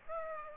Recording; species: mosquito wingbeat signal from an infrared sensor; Aedes aegypti